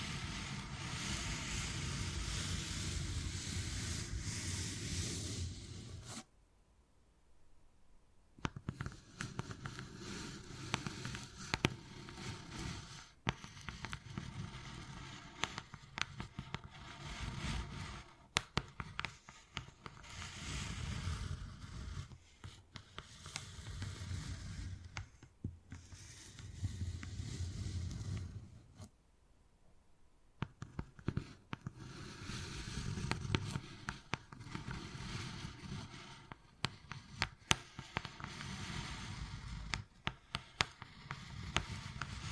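Wood carving with dense, rough scratching and scraping that runs in bursts, punctuated by sharp taps scattered throughout. The work stops in near silence around six to eight seconds and again near twenty-nine seconds, then resumes with the same gritty, uneven strokes.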